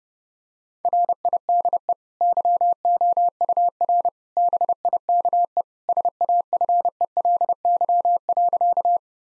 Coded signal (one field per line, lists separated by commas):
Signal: Morse code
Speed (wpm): 32 wpm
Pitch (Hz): 700 Hz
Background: none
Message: RIDE YOUR BIKE SAFELY.